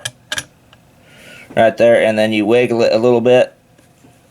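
The steel operating rod and charging handle of an M1A rifle, lined up with the notch under the windage knob, are handled and wiggled against the receiver rail, giving short sharp metallic taps at about 0.1, 0.3, 0.4 and 0.7 seconds. Someone then talks from about 1.5 to 3.5 seconds over a quiet background. The operating rod has not dropped into its rail yet, and nothing has seated or clicked into place.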